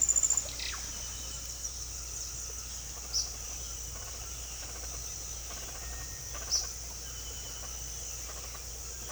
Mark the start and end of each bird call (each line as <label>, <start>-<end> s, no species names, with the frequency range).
bird call (0.8-4.7 kHz), 0.51-1.45 s
bird call (3.8-6.3 kHz), 3.09-3.28 s
bird call (1.4-6.4 kHz), 5.75-6.74 s